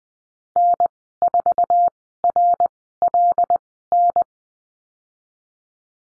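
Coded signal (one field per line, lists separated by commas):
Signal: Morse code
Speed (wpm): 20 wpm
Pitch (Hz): 700 Hz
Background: none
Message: N4RLN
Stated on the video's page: Morse course lesson on letter M and call signs at Farnsworth speed 20/10 wpm.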